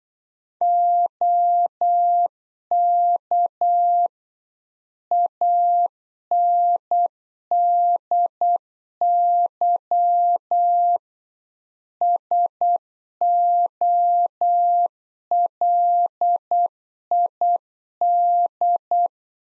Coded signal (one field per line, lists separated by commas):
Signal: Morse code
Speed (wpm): 8 wpm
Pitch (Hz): 700 Hz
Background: none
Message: OK ANDY SOLID